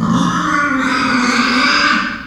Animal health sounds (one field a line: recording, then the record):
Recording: squeal of a Yucatan mini pig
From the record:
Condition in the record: after surgery on the right vocal fold (resection and tissue-engineered implant)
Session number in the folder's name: 14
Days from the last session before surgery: 133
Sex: female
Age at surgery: 19 weeks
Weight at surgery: 25 kg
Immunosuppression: prednisolone